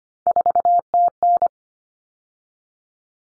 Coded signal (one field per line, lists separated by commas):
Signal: Morse code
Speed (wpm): 25 wpm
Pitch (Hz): 700 Hz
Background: none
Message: 4TN